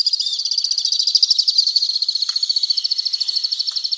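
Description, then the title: Alpine swift trill: an even, rapidly beating high-pitched rattle, pulses evenly spaced throughout, with two brief clicks in the background. "Le chant du martinet à ventre blanc"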